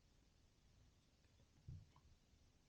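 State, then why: Not seated. A ventilation fan flange that has just gone through the wall opening of a Mandala float tank is being positioned by hand before its tabs are locked in. The stretch is quiet, with faint low rumble and a brief soft low-pitched bump near 1.7 s. Nothing has clicked or seated yet.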